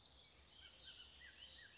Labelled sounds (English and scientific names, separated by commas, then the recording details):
Bullock's Oriole (Icterus bullockii)
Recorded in Sonoma County, California